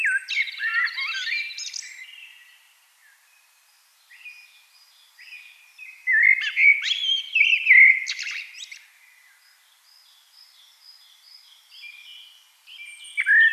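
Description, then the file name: Eurasian blackbird singing: a loud warbled phrase with a twittering end, a quiet pause, then another rich fluty phrase and soft high twitters. "Turdus merula"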